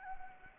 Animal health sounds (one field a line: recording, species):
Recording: mosquito wingbeat signal from an infrared sensor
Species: Anopheles gambiae